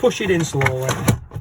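An emptied cassette toilet waste tank is pushed slowly back into its housing in a camper van while someone talks. Nothing has seated or clicked yet.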